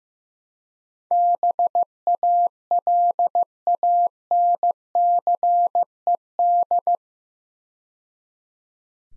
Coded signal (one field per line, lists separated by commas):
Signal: Morse code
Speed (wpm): 15 wpm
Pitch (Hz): 700 Hz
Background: none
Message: BALANCED